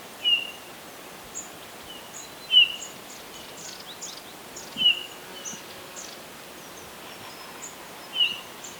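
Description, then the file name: Eurasian bullfinch giving soft, short piping whistles that dip slightly, every two to three and a half seconds, with fainter notes between and thin high chips. "Pyrrhula pyrrhula"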